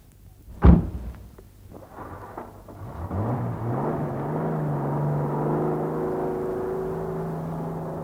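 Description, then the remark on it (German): A sharp thump, then a car engine swells in, its low hum rising in pitch before settling into a steady drone as the vehicle pulls up. No one speaks. “Kam zufällig mit meinem Wagen hier vorbei”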